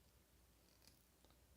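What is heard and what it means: The plastic blade scabbard of a Mezco Toyz One:12 Collective Toy Fair 2019 Blade action figure is turned into the figure's back harness mount, and it pops in without force. A short, sharp tick at 0.9 s marks the scabbard seating, over a low, steady background. The scabbard is confirmed seated in the back mount.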